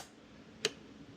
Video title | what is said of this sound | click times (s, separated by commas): Can Am Defender Aluminum Door Handles | push it in till it clicks. That way you know it's attached to that handle. | 0.7 s